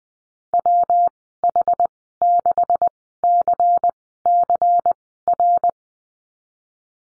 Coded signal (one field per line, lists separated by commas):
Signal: Morse code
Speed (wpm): 20 wpm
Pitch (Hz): 700 Hz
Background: none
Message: WH6CCR